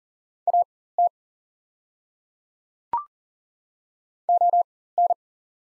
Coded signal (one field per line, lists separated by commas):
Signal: Morse code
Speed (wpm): 40 wpm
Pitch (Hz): 700 Hz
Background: none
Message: AT ON